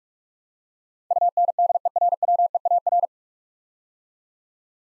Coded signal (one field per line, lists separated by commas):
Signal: Morse code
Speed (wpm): 44 wpm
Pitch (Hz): 700 Hz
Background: none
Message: UNDERWEAR